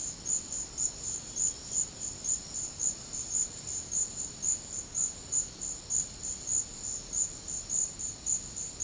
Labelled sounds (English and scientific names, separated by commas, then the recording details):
none
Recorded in pastures near Puerto Asís, Putumayo, Colombia, on 12 March 2025 at 13:00
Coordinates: 0.502, -76.324
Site GP07